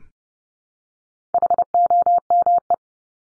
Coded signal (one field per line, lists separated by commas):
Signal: Morse code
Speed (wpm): 30 wpm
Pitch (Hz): 700 Hz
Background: none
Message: HOME